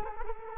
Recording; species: mosquito wingbeat signal from an infrared sensor; Culex quinquefasciatus